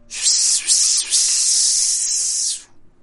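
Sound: sizzling hiss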